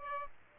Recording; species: mosquito wingbeat signal from an infrared sensor; Aedes aegypti